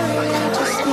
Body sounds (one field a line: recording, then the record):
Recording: coughing mixed with background sound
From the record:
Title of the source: choking, hacking coughing